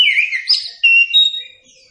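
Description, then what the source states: Oriental magpie-robin: a brief phrase of clear whistles, a slurred opening, then a held whistle and a fading final note. Kacer song used for training captive birds.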